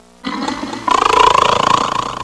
People snoring.